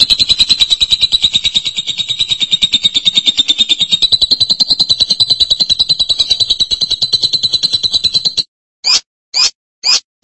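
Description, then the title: Lovebird producing a sustained rapid buzzy trill for about eight seconds, then a series of four short sharp chirps in quick succession. "BM Suara Burung Lovebird"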